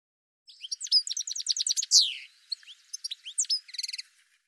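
Bird song: a rapid run of high chirps and trills, then a loud downward slur and more sharp whistled notes, ending in a quick buzzy trill; no other sounds.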